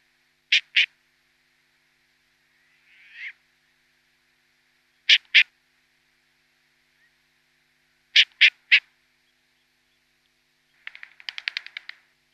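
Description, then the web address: Short-eared owl young with paired or tripled harsh clicking bursts repeated every few seconds, a soft rising wheeze, and a closing stuttering rattle. Downy young. "Schulze Peter Short-eared Owl"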